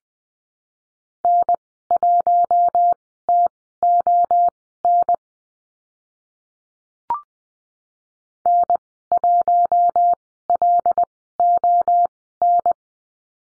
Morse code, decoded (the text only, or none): N1TON N1LON